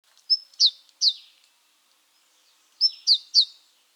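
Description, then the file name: Great tit calls: two clear bursts, each a short high level note followed by two quick descending notes, separated by a pause. "Parus major"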